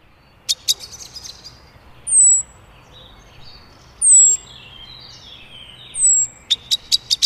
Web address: agykontroll Madardalok Cd 2. Feketerigó